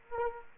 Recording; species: mosquito wingbeat signal from an infrared sensor; Anopheles gambiae